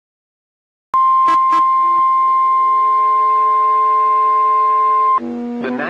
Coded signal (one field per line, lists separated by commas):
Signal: Emergency Alert System (SAME) tones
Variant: 1050 Hz attention tone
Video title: After Work Storms... EAS Alerts from April 15, 2021 (EAS #989-999)